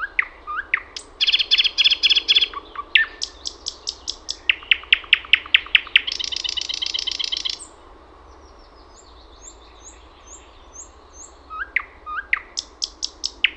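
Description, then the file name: Thrush nightingale singing rapid clicking series and harsh buzzy rattles, then brief thin whistles and a short burst of clicks after a pause. "SATAKIELI"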